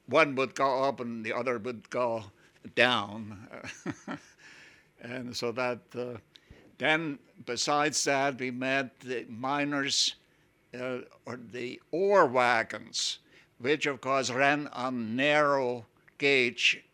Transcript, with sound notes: one would go up and the other would go down. (he laughs) And so that, then besides that, we met miners or the ore wagons which, of course, ran on narrow gauge